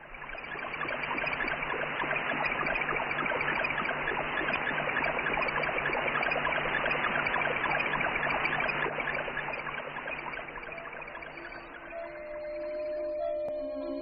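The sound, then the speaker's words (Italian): The Explorer 15 satellite's radio signal plays as a dense, steady babble of crackles and bubbling hiss that sounds much like a running brook, thinning out near the end as a few faint steady tones emerge. “Provate a chiudere gli occhi e ad ascoltare l'Explorer 15. Non avete anche voi la sensazione di essere in riva a un ruscello?”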